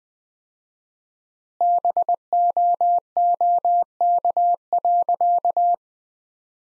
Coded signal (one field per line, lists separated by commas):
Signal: Morse code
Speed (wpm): 20 wpm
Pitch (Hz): 700 Hz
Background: none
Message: BOOK.